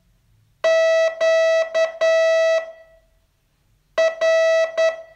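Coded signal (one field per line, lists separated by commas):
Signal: Morse code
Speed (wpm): 9 wpm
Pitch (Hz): 650 Hz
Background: none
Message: Q R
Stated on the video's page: Morse training lesson, day 31 of a 42-day course.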